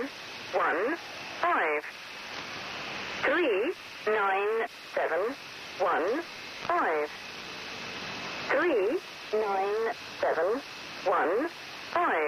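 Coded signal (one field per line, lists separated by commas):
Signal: numbers station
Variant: Lincolnshire Poacher, English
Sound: a voice reading five-digit groups, seven one five three nine, repeated over hiss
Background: radio static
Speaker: the lincolnshire poacher embodies the format most commonly used in number station broadcasts preceding a message is two bars of the english folk song of the same name then a single five digit group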